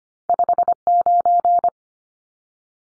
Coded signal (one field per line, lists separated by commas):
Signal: Morse code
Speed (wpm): 25 wpm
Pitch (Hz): 700 Hz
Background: none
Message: 59